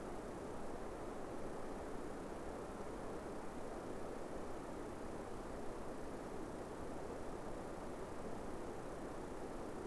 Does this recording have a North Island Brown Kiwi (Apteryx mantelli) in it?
no